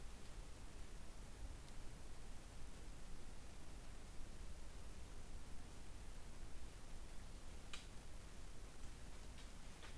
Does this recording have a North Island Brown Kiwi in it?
no